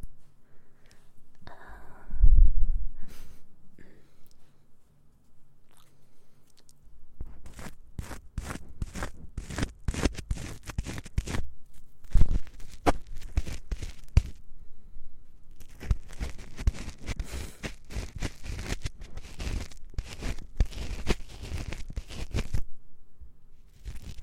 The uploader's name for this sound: ASMR Mouth Sounds Ear Cleaning